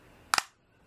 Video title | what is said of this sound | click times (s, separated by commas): Disassembly Guide - KWC IMI Desert Eagle 50ae Co2 GBB Pistol Airsoft | once you hear that click it's all put together but | 0.3 s